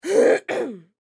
Human Female Cough Clear Throat.